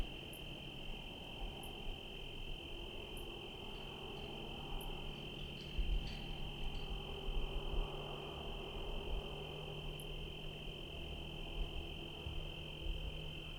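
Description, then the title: Cricket song, a steady unbroken high trill held throughout, over a low rumble, with faint brief ticks above. Night ambience in Trinity County, California, USA, dated 17/10/25 around 05:06 (time approximate); recorded on Zoom H1 internal XY microphones. "Trinity County, Californie, États-Unis d'Amérique - 17_10_25_05_06 grillons nuit voitures PLUIE"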